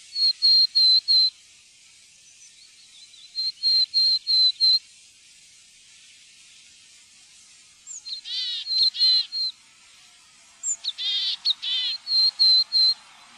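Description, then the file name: Willow tit song of level whistled notes in short series, mixed with harsh, buzzy nasal calls in the second half. "granmeis"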